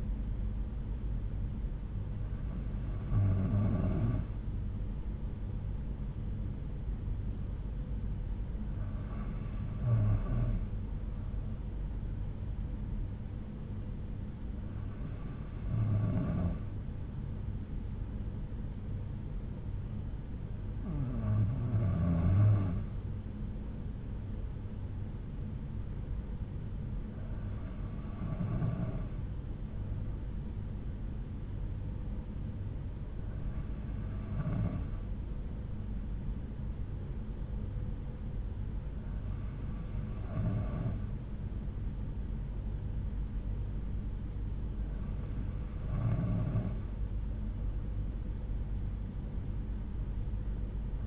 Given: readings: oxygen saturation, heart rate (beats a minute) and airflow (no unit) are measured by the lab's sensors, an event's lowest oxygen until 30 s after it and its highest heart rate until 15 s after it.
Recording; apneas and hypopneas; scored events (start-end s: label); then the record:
breathing in sleep by a smartphone at the bedside; none
10.00-40.00 s: new sleep stage, N3 (deep sleep)
40.00-51.07 s: new sleep stage, N2 (light sleep)
From the record:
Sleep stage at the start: N2 (light sleep); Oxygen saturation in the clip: 92 to 93%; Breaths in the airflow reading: 8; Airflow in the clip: -5.3 to 3.7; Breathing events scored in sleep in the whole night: 368 in 8.0 hours asleep